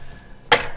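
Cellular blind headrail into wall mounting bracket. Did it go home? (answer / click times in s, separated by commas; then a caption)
yes / 0.5 s. The headrail lip of an IKEA HOPPVALS cellular blind is hooked under the bottom of a plastic wall mounting bracket and pulled up. A single sharp, bright snap rings out at 0.5 s, rising well above the quiet background. The headrail is seated and locked in the bracket.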